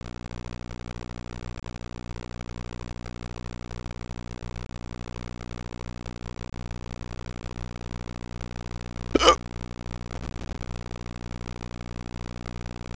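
A single sharp, brief hiccup at about nine seconds, over steady low humming background noise, in an adult.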